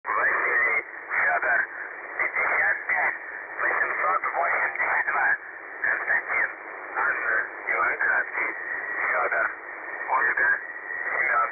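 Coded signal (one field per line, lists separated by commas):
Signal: numbers station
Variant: UVB-76, Russian voice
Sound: a voice reading a message over narrow, noisy shortwave radio, no buzzer heard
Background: radio static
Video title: The Buzzer/UVB-76 Voice Message (December 1, 2020 10:47 UTC)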